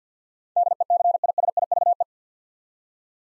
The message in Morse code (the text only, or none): DECISIVE